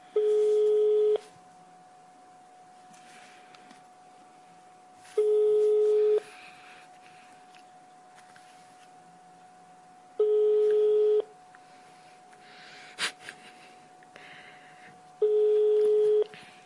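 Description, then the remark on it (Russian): A telephone ringback tone: four steady, mid-pitched one-second beeps, each followed by about four seconds of quiet line hiss, with a faint click partway through. “Поехали. Надеюсь, возьмет.”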